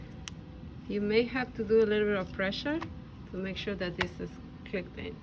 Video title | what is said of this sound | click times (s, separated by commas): Array cards | have to press it until it clicks okay you | 0.3 s